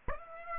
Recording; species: mosquito wingbeat signal from an infrared sensor; Aedes aegypti